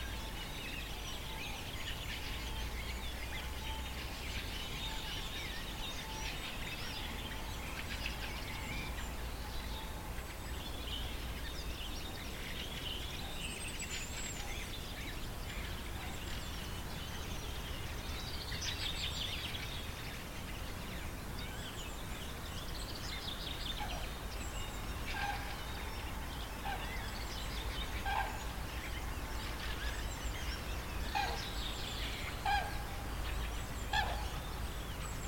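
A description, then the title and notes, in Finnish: Birds sing in a spring forest by Lake Saimaa, scattered chirps and trills over a steady low rumble and constant hiss throughout. Linnun laulua keväisessä metsässä Saimaan rannalla. Huhtikuun puolessa välissä pieni metsikkö Saimaan rannalla on vielä lehdetön. Peipot laulavat etualalla ja äänitteessä kuuluu myös ainakin tiaisia, lokkeja, kyyhkyjä, variksia, yli lentäviä hanhiauroja ja yksinäisiä kurkia.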